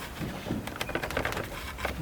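On an Audi TT, during removal of the stock air box for a Ramair intake kit install, the clip on the intake hose connection to the air box is squeezed and released. Short sharp clicks sound at 0.8 s and 1.0 s, with further quieter ticks after, and the hose clip comes off straight away.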